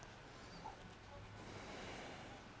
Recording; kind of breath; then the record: one breath in and out by a microphone near the nose and mouth; deep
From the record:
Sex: male